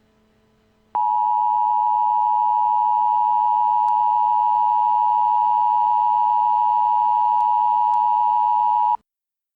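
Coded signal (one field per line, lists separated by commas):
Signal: Emergency Alert System (SAME) tones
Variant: 853 and 960 Hz attention tone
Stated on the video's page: Fictional rioting EAS scenario, not a real alert.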